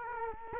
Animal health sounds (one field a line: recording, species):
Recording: mosquito wingbeat signal from an infrared sensor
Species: Culex quinquefasciatus